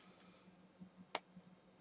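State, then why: Seated. An atomizer is pushed onto an empty plastic e-cig tank cartridge and snaps in at 1.1 s, piercing the cartridge's fill seal and seating firmly. A single sharp click rises out of a quiet background with a low steady hum and a faint high tone near the start.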